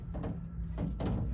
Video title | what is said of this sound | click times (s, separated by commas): Replacing Drawer Slides On a Snap-on Toolbox | As you could hear, it clicked in. | 0.8 s, 1.0 s